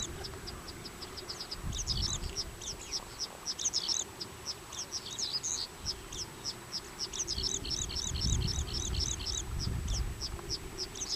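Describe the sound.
Goldfinch song with quick, high twitters that build into rhythmic repeated phrases toward the end, over low background rumble.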